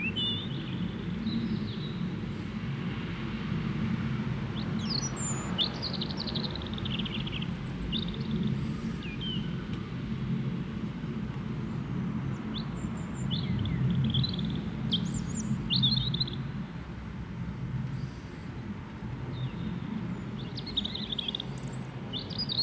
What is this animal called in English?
European Robin